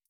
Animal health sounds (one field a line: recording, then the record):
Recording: hydrophone in a shrimp aquaculture tank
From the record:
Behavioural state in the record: feeding